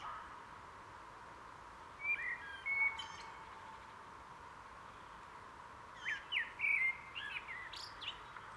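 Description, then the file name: Common blackbird giving a couple of short whistled notes, then after a pause a longer phrase of whistled and high, scratchy notes. "Turdus merula"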